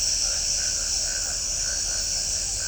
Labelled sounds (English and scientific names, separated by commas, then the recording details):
none
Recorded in shrubland near Pivijay, Magdalena, Colombia, on 5 June 2023 at 23:30
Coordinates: 10.453, -74.365
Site P5-G022